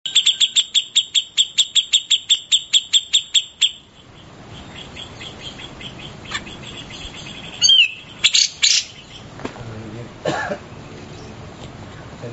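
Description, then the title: Grey-cheeked bulbul song: a fast series of sharp, high chirps for several seconds, then a pause and a few scattered louder notes over background hiss. "Cucak Jenggot"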